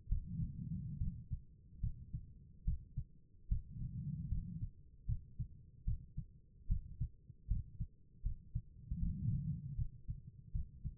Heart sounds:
heart sounds by stethoscope; 75 bpm
0.09 s: heartbeat
0.98 s: heartbeat
1.80 s: heartbeat
2.65 s: heartbeat
3.48 s: heartbeat
4.29 s: heartbeat
5.06 s: heartbeat
5.85 s: heartbeat
6.68 s: heartbeat
7.48 s: heartbeat
8.23 s: heartbeat
8.99 s: heartbeat
9.76 s: heartbeat
10.52 s: heartbeat
From the record:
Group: healthy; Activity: rest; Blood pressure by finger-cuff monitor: 103/73 mmHg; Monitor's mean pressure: 82 mmHg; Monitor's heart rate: 74 bpm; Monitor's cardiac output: 5.3 L/min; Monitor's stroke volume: 71 mL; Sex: female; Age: 36 years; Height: 163 cm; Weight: 88 kg

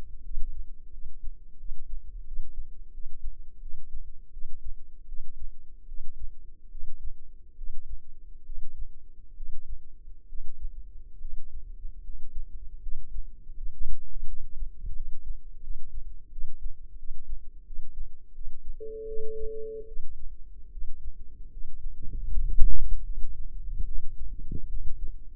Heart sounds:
heart sounds by microphone in the left ear; 79 bpm
0.22 s: heartbeat
0.90 s: heartbeat
1.56 s: heartbeat
2.24 s: heartbeat
2.91 s: heartbeat
3.59 s: heartbeat
4.30 s: heartbeat
5.05 s: heartbeat
5.85 s: heartbeat
6.68 s: heartbeat
7.54 s: heartbeat
8.43 s: heartbeat
9.34 s: heartbeat
10.26 s: heartbeat
11.18 s: heartbeat
12.01 s: heartbeat
12.80 s: heartbeat
13.54 s: heartbeat
14.24 s: heartbeat
14.93 s: heartbeat
15.60 s: heartbeat
16.29 s: heartbeat
16.96 s: heartbeat
17.64 s: heartbeat
18.32 s: heartbeat
19.05 s: heartbeat
19.85 s: heartbeat
20.69 s: heartbeat
21.49 s: heartbeat
22.25 s: heartbeat
23.03 s: heartbeat
23.84 s: heartbeat
24.66 s: heartbeat
From the record:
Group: healthy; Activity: rest 0-16 s, breath hold 16-25 s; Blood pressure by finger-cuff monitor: 104/71 mmHg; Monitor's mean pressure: 89 mmHg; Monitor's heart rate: 82 bpm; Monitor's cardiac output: 6.5 L/min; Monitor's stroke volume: 79 mL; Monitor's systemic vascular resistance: 970 dyn s/cm5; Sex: female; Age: 22 years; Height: 160 cm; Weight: 45 kg

